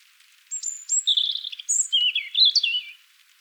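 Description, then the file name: European robin song: a sustained, varied phrase of high thin whistles, trills and tumbling warbled notes lasting about two and a half seconds, then quiet. "Erithacus rubecula"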